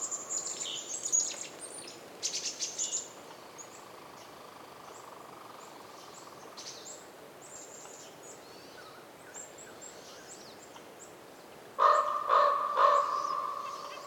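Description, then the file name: Raven sounds three hoarse calls late in the recording; earlier, small birds give scattered high chirps over a soft background hiss. Daytime winter forest in the North Laurentian Woods, Canada; raven calls reverberating, other birds chirping, some wind. "WINTER Forest day raven calls reverberating and other birds chirps with some wind, North Laurentian Woods, Canada"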